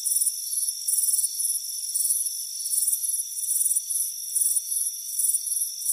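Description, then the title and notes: Cricket chirps, rapid and high, trilled, in quick succession over a constant high whine. Warm afternoon on a front porch; crickets chirping. "Soothing Crickets Chirping Sound. It's a warm afternoon as you relax in a hammock on the front porch. Relax and fall asleep to the soothing sound of chirping crickets. Deep Sleep Sounds"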